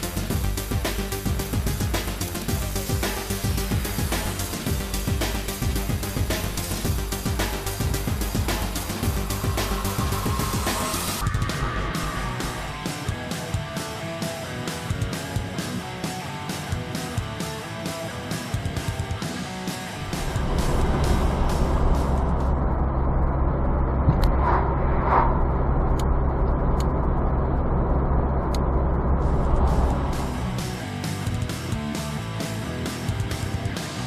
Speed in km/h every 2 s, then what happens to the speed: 72, 71, 72, 72, 72, 71, 72, 72, 72, 72, 71, 70, 70, 71, 71, 71, 72.
0-34 steady at about 72.